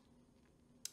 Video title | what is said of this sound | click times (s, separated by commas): Poser des boutons avec la nouvelle pince Vario Creative Tool Prym Ergonomics | cela nous devons d'abord mettre le levier en position de départ dès qu'il s'enclenche nous pouvons insérer nos adaptateurs | 0.8 s